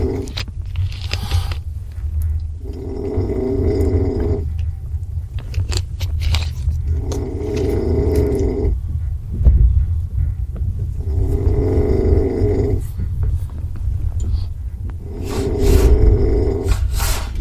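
Four very loud, rough, growling snores from an adult sleeper, one about every four seconds, roughly 14 breaths a minute, over a low steady rumble.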